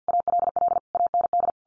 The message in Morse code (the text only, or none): ALL AND